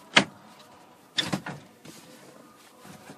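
Someone pulls a snap-in plastic trim cover off the dashboard HVAC area of a Ford Super Duty truck, after its 7 mm bolts are out, to remove an erratic temperature blend door actuator. Its snap clips pop loose with sharp plastic hits at 0.2 s and 1.2 s, followed by quieter rattles and handling noise. The cover comes free.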